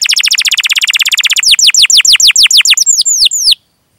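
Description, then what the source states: Canary singing a rapid trill that breaks into slower, repeated downward-swooping whistles, each note sliding from high to lower pitch. Lively singer (gacor) said to have the best song phrasing (cengkok) and most luxurious fill-ins (isian); Indonesian bird-keeping hobby (kicaumania) recording.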